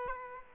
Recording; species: mosquito wingbeat signal from an infrared sensor; Aedes aegypti